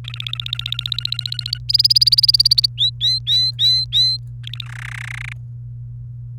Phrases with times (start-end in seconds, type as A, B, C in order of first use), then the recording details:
0.04-1.58 A, 1.69-2.66 B, 2.78-4.17 C, 4.44-4.65 A, 4.66-5.33 D. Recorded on 28 April 2018 at 11:42. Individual llb3